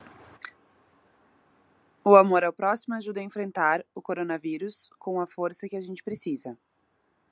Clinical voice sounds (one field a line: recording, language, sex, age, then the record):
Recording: spoken sentence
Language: Brazilian Portuguese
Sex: female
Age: 20 to 29 years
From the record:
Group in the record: control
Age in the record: 29 years